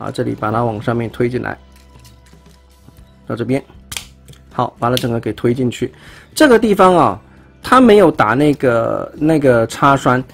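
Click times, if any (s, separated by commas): 3.9 s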